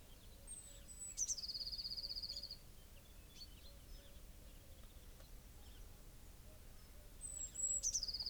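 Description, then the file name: Eurasian blue tit calls: a thin high note falling into a fast buzzy trill, given twice several seconds apart, over low rumbling background noise. "Cyanistes caeruleus"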